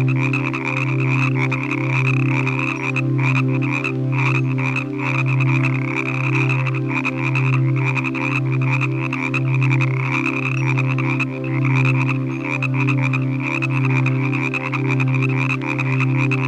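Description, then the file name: Frogs calling in a thick continuous chorus, low throbbing croaks pulsing about every two seconds under a constant higher trill. Frogs calling in the evening. "Relaxing Nature Sounds Collection - Evening with Frog Music"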